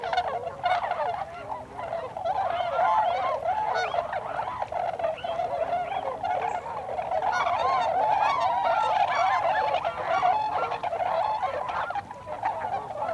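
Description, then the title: Tundra swan flock chatter, a constant, dense chorus of rapid, overlapping honking notes with few calls standing out individually. Recorded 26 December 2020; several tundra swans. "2020-12-26-Tundra-Swans"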